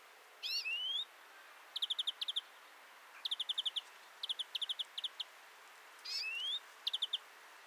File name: Chloris chloris